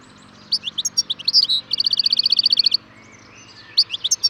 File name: Carduelis carduelis